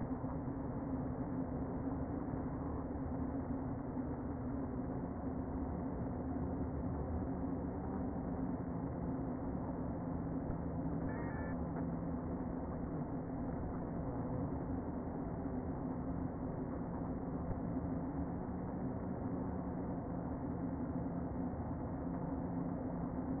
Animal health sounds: honeybee colony, microphone inside the hive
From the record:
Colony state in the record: queen present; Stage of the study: before two queens were removed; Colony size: about 60,000 bees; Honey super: yes

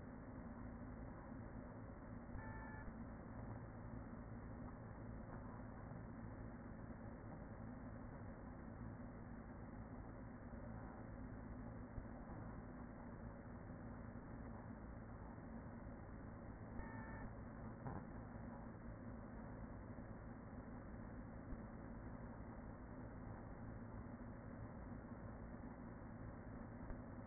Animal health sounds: honeybee colony, microphone inside the hive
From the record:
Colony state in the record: queen present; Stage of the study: after two queens were removed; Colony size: about 40,000 bees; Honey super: no

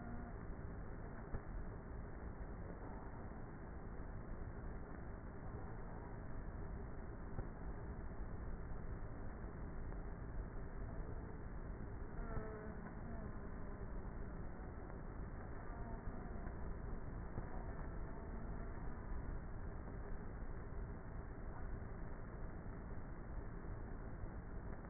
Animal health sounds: honeybee colony, microphone inside the hive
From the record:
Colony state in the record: queenless with a low population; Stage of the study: before two queens were removed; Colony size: about 30,000 bees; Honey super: no

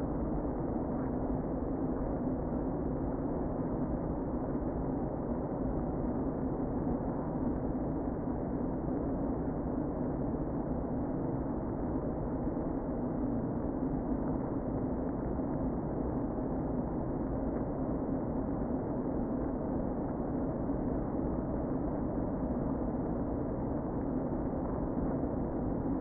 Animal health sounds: honeybee colony, microphone inside the hive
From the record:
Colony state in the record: queen present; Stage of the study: before two queens were removed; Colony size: about 60,000 bees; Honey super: yes

